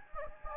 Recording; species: mosquito wingbeat signal from an infrared sensor; Anopheles gambiae